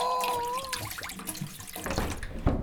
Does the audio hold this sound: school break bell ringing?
no